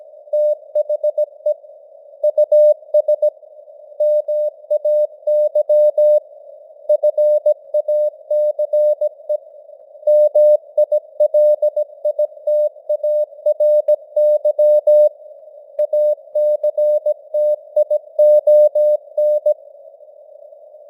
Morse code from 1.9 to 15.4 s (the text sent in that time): US MAY FACE MILITARY